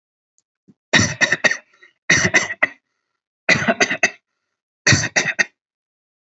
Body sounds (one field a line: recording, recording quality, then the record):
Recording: shallow voluntary cough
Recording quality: excellent, no background noise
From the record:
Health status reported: healthy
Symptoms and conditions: diabetes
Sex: male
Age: 40 years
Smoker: not ticked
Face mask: not worn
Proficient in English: yes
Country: India